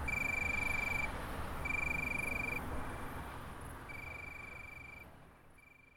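Tree cricket singing steady pure trills in bursts about a second long, separated by gaps of varying length, over background noise.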